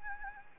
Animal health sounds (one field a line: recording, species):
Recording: mosquito wingbeat signal from an infrared sensor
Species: Anopheles gambiae